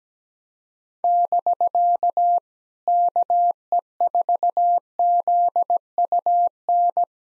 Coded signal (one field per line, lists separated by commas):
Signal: Morse code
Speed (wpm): 17 wpm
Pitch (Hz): 700 Hz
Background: none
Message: <BK> KE4ZUN